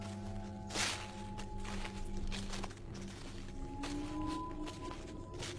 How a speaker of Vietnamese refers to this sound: Tiếng bước chân của Lão Năm vang lên trong đêm cô tịch.